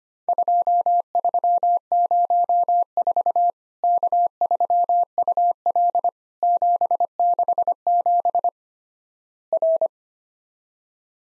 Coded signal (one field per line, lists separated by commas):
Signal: Morse code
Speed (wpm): 25 wpm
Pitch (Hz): 700 Hz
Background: none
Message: 2304 K3UL 767 R